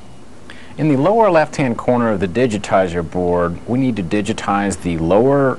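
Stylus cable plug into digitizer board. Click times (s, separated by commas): 0.5 s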